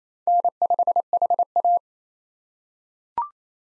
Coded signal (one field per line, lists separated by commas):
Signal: Morse code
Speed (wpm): 28 wpm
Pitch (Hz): 700 Hz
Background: none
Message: N5HA